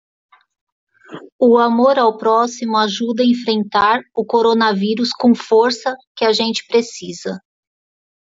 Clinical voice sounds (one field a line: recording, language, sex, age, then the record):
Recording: spoken sentence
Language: Brazilian Portuguese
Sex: female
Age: 40 to 49 years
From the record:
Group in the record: control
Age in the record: 44 years